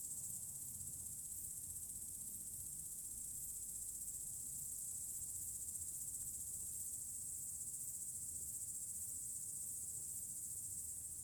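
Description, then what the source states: Cicadas droning in a continuous, piercing high buzz, unbroken from start to end over soft low background noise. Several cicadas chirping in mountains.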